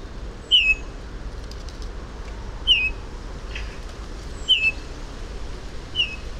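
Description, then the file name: Eurasian bullfinch giving soft, short whistled notes that slide downward, four calls spaced roughly every two seconds over a faint low hum. "Pyrrhula pyrrhula"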